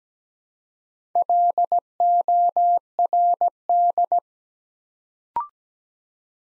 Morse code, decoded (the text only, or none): LORD